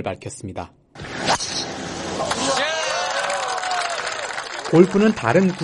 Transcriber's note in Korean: 녹취: 골프대회 현장음